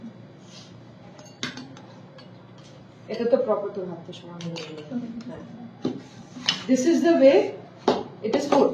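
Someone talks while handling the two metal blades of an obstetric forceps on a delivery teaching model, bringing them together toward the lock. Sharp metallic clinks and clatter are heard, with louder handling noise near the end. The blades have not yet locked, and nothing has seated or clicked by the end of the clip.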